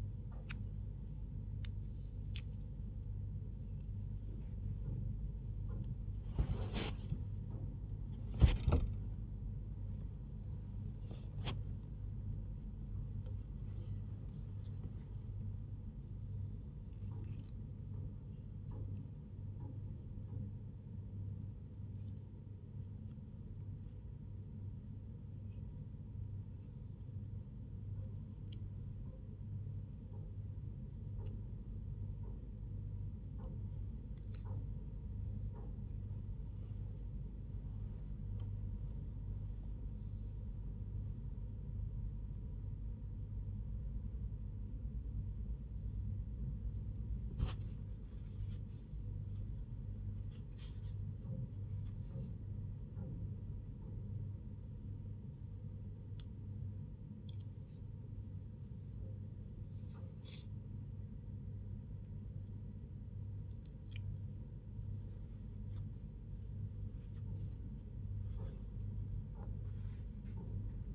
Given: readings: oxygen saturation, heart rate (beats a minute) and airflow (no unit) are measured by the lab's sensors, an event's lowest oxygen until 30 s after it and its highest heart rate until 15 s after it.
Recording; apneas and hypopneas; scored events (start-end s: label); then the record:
a person awake in a sleep study, by a smartphone at the bedside; none
none scored
From the record:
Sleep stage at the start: awake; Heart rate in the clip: 83 to 95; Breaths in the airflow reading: 24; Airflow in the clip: -0.8 to 0.8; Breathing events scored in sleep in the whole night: 158 in 7.3 hours asleep